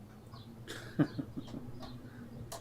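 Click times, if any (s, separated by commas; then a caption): 2.5 s. A plastic latch on a re-plugged board connector inside a Datron 1062 bench multimeter is pushed back into place. Someone talks over a low background hum. The latch snaps home with a short, sharp click at 2.5 seconds, and the connector is seated.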